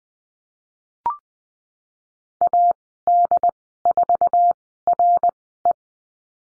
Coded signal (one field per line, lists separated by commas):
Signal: Morse code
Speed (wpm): 20 wpm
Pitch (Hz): 700 Hz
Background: none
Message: AD4RE